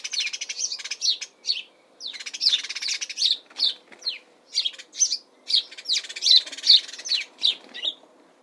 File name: Bird House Sparrow UKSuffolk Spring Calls Chirp